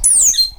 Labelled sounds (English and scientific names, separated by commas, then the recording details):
Stitchbird (Notiomystis cincta) song
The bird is a male
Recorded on Tiritiri Matangi Island, New Zealand, in 2005
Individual 7, of nest box 9